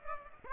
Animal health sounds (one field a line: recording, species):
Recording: mosquito wingbeat signal from an infrared sensor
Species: Aedes aegypti